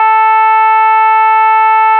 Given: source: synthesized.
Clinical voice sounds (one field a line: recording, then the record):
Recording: sustained vowel /a/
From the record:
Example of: shimmer, step 2